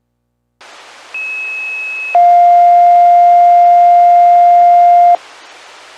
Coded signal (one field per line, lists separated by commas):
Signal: two-tone page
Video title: Carroll County Ohio FD's Pager Testing VHF Low Band 33.94 mHz